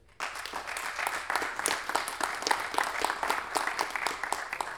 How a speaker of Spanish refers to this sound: que pienso que también se merece un aplauso.